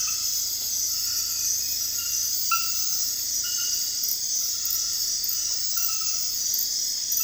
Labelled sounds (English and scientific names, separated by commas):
none